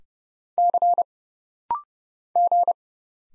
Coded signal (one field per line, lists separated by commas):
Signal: Morse code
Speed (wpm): 29 wpm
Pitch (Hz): 700 Hz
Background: none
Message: C G